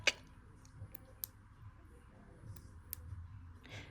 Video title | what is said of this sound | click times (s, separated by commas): Destashing Specialty Jewelry Making Components From 2000-2014 | you match it up, you know, opposite and you'll hear a little click when you | 0.1 s